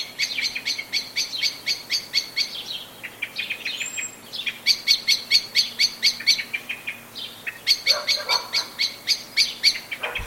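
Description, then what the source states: Blackbird giving repeated runs of rapid, harsh clicking alarm notes with short gaps, and a brief high whistle around the middle. Anxious calling.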